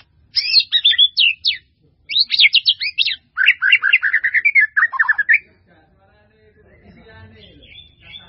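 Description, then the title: White-rumped Shama song with bursts of rapid, varied whistled notes in three phrases, sliding up and down, fading into quiet background rustle at the end. "murai batu"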